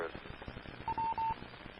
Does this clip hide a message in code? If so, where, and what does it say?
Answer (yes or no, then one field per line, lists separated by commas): no